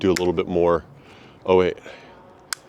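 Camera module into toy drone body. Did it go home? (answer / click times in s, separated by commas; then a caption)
yes / 2.5 s. Someone talks while pushing the detached plastic camera module, which came off in a crash, back onto a cheap toy drone body. A single sharp click at 2.5 s marks the module snapping back into place, seated.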